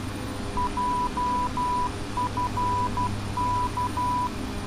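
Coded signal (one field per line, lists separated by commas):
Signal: Morse code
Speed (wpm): 12 wpm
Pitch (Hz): 990 Hz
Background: none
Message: JFK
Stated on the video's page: VOR navigation beacon ident, heard in a Beech King Air navigating between two airports.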